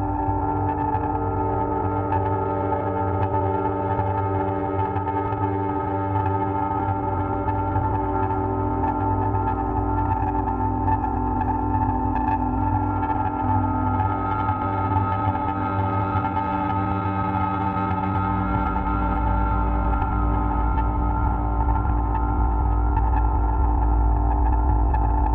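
Raw processed sine tones hold a dense, unchanging drone of stacked steady pitches, mostly in the low and middle range with little brightness above. Around eighteen seconds the lowest register swells into a heavier rumbling bass that continues to the end.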